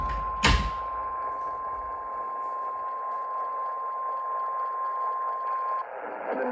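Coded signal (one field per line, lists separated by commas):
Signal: Emergency Alert System (SAME) tones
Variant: 1050 Hz attention tone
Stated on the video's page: Real severe thunderstorm warning EAS tones received on two radio stations.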